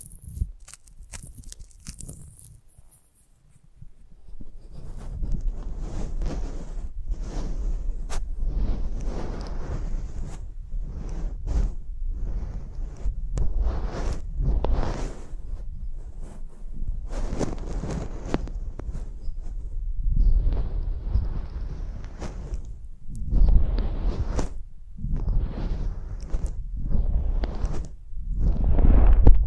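Rubbing, scraping and tapping right on a microphone, starting after a few seconds of near silence. Bursts of rough, crackling noise come in quick, uneven strokes with short gaps, heavy in the low end, and grow louder toward the end.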